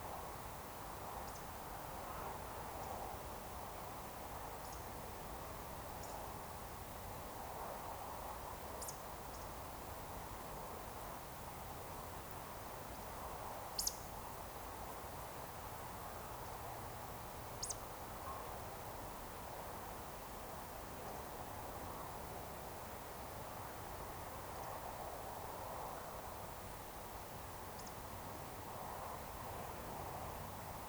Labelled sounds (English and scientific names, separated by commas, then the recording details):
Eurasian Woodcock (Scolopax rusticola)
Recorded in Baden-Württemberg, Germany, on 29 June 2020 at 20:17 UTC
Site 43791, 788 m above sea level